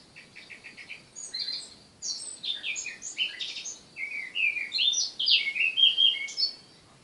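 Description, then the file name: Eurasian blackcap singing: a soft, quick chattering start, then a rich, varied warble of fluty, high notes that grows louder toward the end, with no other clear sounds. "Sylvia atricapilla"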